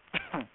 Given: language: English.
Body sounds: throat vibration sensor signal played as sound; cough

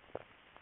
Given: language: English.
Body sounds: throat vibration sensor signal played as sound; swallow

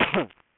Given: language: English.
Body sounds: throat vibration sensor signal played as sound; cough

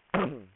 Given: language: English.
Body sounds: throat vibration sensor signal played as sound; throat clearing

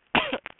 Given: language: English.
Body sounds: throat vibration sensor signal played as sound; cough

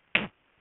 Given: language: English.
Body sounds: throat vibration sensor signal played as sound; cough

